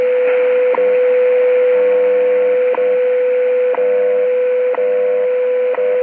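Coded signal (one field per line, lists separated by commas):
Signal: radio time signal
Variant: WWV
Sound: steady mid-pitched 500 Hz tone broken by short ticks about once a second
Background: radio static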